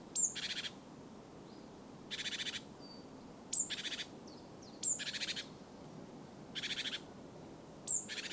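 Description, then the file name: Great tit giving scolding calls: grating, noisy chatters, some introduced by a tiny high-pitched tick, recurring irregularly throughout over low background noise. "Parus major"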